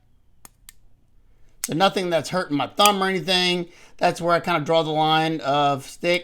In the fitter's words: But this one is just an audible click there.